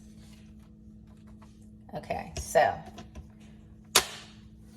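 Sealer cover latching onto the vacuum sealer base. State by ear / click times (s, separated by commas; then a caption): seated / 3.2 s, 4.0 s. Someone talks while both hands press down hard on the plastic cover of a Zonk food vacuum sealer, latching it onto the sealer base. A soft click comes at 3.1 s and a sharp, loud click at 4.0 s, and the cover is locked in place.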